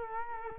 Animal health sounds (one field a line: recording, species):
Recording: mosquito wingbeat signal from an infrared sensor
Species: Culex quinquefasciatus